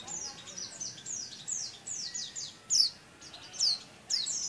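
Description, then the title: Oriental white-eye song: high, thin downslurred notes in a repeated series, with a few sharper, louder chirps near the end over soft background noise. Bali white-eye in energetic, continuous singing (gacor, ngerol). "Pleci Dakun Bali Ngerol Gacor"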